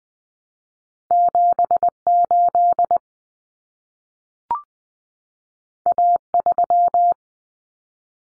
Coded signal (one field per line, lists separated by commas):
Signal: Morse code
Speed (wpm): 20 wpm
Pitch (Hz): 700 Hz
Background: none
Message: 78 A3